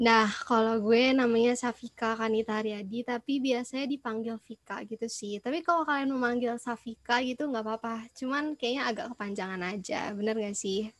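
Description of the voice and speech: A teenage girl in the 11th grade of high school speaking Indonesian. No speech disorder.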